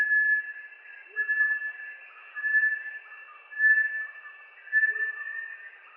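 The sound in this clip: Bartlett's tinamou giving pure, steady whistles in broken notes about every second, with a faint continuous tone running underneath.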